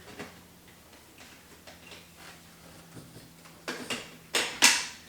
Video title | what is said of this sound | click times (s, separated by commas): Shark Vertex Cordless Vacuum Review! | actually clicks into place feel | 4.4 s